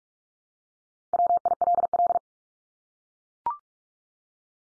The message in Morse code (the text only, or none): WILL